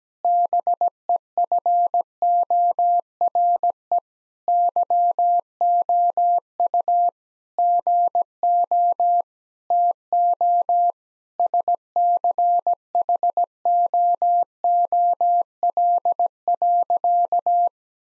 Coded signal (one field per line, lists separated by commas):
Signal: Morse code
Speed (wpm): 17 wpm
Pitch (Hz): 700 Hz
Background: none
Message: BEFORE YOU GO TO SCHOOL.